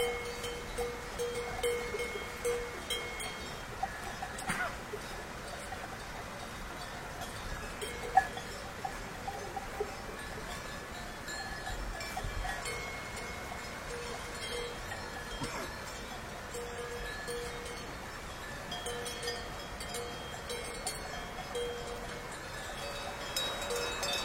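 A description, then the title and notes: Cattle are being driven along a mountain road, with a steady outdoor rumble and hiss underneath throughout. Cowbells clank lightly and irregularly, clearer near the start and end, with a few sharper knocks around the fourth, eighth and fifteenth seconds. Driving cows on the mountain road, crisp bells.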